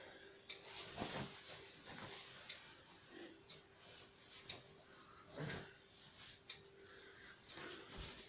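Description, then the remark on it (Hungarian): A drawer slides open with a series of sharp wooden knocks and scraping clicks, irregularly spaced over several seconds against a low steady hum. “De azt húz ki a legtöbb fiókot.”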